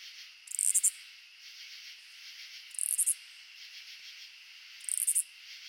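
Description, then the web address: Oblong-winged katydid song: high raspy buzzy bursts of several rapid pulses, repeated roughly every two seconds, over a softer continuous insect hum. "Crickets and Katydids. Oblongwinged Katydid, Amblycorypha oblongifolia"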